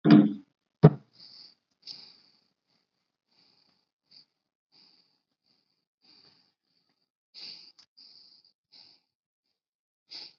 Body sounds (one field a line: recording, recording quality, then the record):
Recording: shallow breathing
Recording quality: excellent, no background noise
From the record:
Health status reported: healthy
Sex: female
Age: 49 years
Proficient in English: yes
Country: India